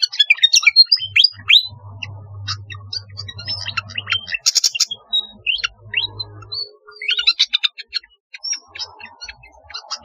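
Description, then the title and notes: Flycatcher song: a fast, jumbled run of high chirps, trills and short whistled notes, with a few brief pauses and a faint low hum underneath. "Kicau Burung Sikatan"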